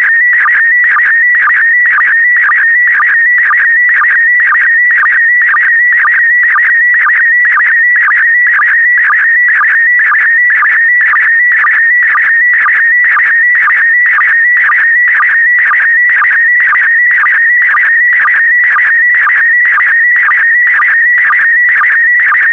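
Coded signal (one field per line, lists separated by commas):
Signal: SSTV (slow-scan television)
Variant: PD120 mode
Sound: warbling whistle-like tone around 2 kHz with regular low chirps twice a second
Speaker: complete you can now check your decoded image against the picture that is shown on the video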